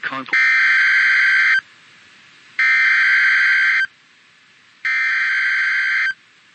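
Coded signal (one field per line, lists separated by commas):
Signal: Emergency Alert System (SAME) tones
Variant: header bursts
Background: speech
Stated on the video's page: Emergency Alert System tones for a real severe thunderstorm warning in Massachusetts.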